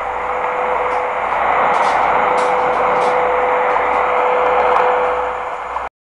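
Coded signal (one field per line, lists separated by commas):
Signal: radio time signal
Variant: WWV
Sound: steady low 500 Hz tone buried in loud hissing shortwave static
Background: radio static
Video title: WWV - Time signal Radio Station, Fort Collins, CO, USA, listened in Morrinhos, Ceará, Brazil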